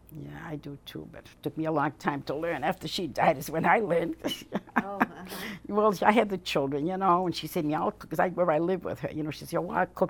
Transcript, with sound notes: Yeah, I do, too, but it took me a long time to learn. After she died is when I learned. ( she laughs ) I had the children, you know, and she said to me, "I'll.. ." Because I lived with her, you know, she said, "Oh, I'll cook.